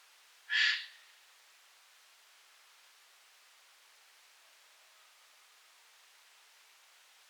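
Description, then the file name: Eurasian jay with one brief raspy screech near the start, followed by several seconds of quiet and the onset of another call at the very end. "Garrulus glandarius"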